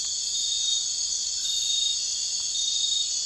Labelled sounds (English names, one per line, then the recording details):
none
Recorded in dense forest near Puerto Asís, Putumayo, Colombia, on 21 March 2025 at 01:00
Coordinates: 0.484, -76.317
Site G064